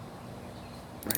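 A click-type torque wrench tightens a bolt on the lower unit of an Evinrude E-Tec 25 hp outboard as it is refitted after an impeller replacement. A steady low rumble plays until the wrench clicks sharply at about 1.1 and 1.2 seconds, confirming it has reached its torque setting.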